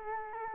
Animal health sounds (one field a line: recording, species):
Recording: mosquito wingbeat signal from an infrared sensor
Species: Culex quinquefasciatus